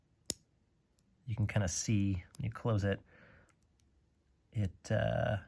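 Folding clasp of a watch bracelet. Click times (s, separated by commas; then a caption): 0.3 s. The steel folding clasp of a Rolex Datejust 36 watch bracelet is closed and snaps shut with one sharp, satisfying click at 0.3 s, fully seating the clasp. Someone then talks, with a few faint ticks in the background.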